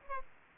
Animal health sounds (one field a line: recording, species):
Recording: mosquito wingbeat signal from an infrared sensor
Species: Aedes aegypti